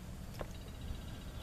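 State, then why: Seated. A replacement OSKYUO transmission pressure transducer sensor is pushed into its mounting bore in the transmission valve body of a 2012 Dodge Journey. A single short, sharp pop at 0.4 s stands out over a steady low rumble. The sensor pops right in and is seated.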